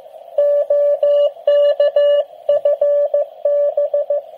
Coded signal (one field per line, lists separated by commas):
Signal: Morse code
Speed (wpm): 14 wpm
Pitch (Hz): 580 Hz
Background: radio noise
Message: OK FB